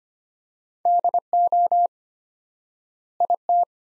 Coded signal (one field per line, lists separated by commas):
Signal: Morse code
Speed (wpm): 25 wpm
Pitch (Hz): 700 Hz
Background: none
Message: DO IT